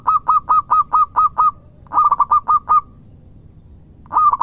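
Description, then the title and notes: Zebra dove song: a long run of evenly spaced cooing notes, then a quicker phrase, a pause, and another rapid burst starting at the end. Lure recording of a zebra dove singing actively (gacor). "Pancingan Perkutut Durasi Panjang. Suara Burung Perkutut Gacor"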